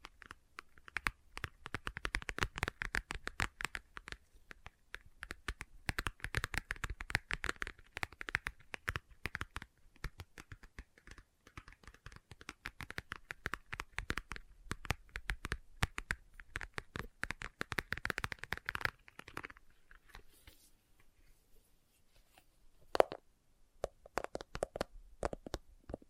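Leather is tapped and scratched in a dense, uneven stream of quick crisp ticks and rustles, busiest through the first twenty seconds. After a short lull around nineteen seconds, sparser sharp taps follow, with one louder hit near twenty-three seconds.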